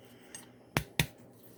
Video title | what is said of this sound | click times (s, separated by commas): Old-time Knickerbocker 12 gauge shotgun by Folsom arms | and it doesn't snap in there until i squeeze it a little bit | 1.0 s